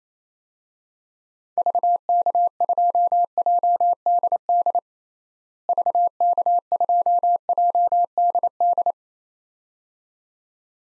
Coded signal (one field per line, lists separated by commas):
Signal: Morse code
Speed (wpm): 28 wpm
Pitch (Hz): 700 Hz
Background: none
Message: VK2JDD VK2JDD